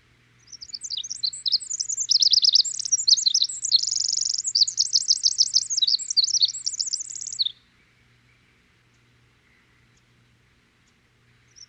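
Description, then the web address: Winter wren song: a long, very high, rapid torrent of tinkling trills and buzzy warbles lasting about seven seconds, then quiet. Western North America. "Dan Gibson Wildlife Identification By Sound, Western North America. Winter Wren"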